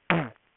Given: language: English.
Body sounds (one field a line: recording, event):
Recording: throat vibration sensor signal played as sound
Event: throat clearing